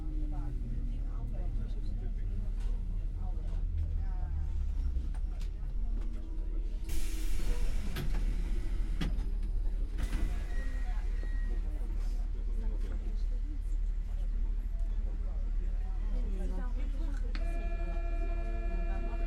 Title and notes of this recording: The train journey (RER B). In a hot and stuffy train, people talk quietly between themselves and the train carriage sways back and forth.